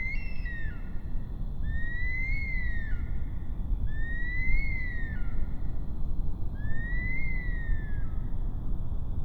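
Bush stone-curlew wailing whistles, several long drawn notes each rising then dropping abruptly, spaced about two and a half seconds apart over faint background hiss.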